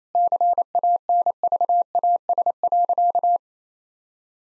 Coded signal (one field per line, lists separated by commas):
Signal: Morse code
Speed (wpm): 28 wpm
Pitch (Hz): 700 Hz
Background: none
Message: CANVAS.